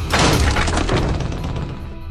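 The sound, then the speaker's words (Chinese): A main door is kicked open with a single heavy, booming crash, followed by a rattling, reverberant tail that slowly fades over about two seconds. No voices are heard. “抬起一脚便将大门狠狠踹开。”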